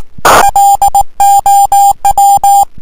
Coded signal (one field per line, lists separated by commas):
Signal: Morse code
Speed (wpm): 19 wpm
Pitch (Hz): 800 Hz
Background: music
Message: LOW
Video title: 1426Z K3RA 18.093 CW 599 12-03-2011.